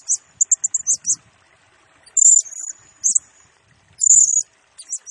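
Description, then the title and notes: Blue-crowned hanging parrot song: very high, shrill chirps in quick bursts, a thin sustained whistle linking them, pauses of about a second between groups. Serindit lure and tutoring song used to train and attract birds, in the vigorous gacor, rapid-fire nembak singing style, said to stir up all birds. "Burung Serindit Nembak Gacor Bikin Emosi Semua Burung. Suara Nasteran Dan Pemikat Burung Serinditan Gacor"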